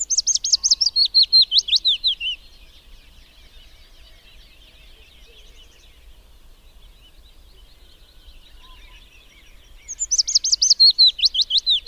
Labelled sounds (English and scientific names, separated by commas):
Willow Warbler (Phylloscopus trochilus) song